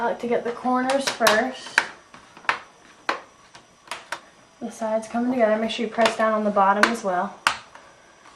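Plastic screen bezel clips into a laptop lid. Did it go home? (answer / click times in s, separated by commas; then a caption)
yes / 2.5 s, 3.1 s. A plastic screen bezel on an HP Pavilion G6 laptop is pressed into the laptop lid, corners first, while someone talks. Sharp clicks at 2.5 and 3.1 seconds are the bezel's corner clips snapping in, followed by a few softer clicks. The bezel seats in the lid.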